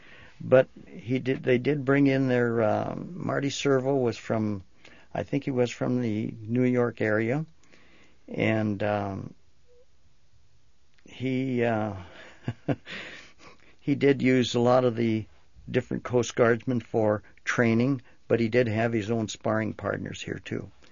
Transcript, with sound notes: But he, they did bring in their ah, Marty Sirvel was from, I think he was from the New York area. And ah, he ah, (laughs) he did use a lot of the different Coast Guardsmen for training, but he did have his own sparring partners here too.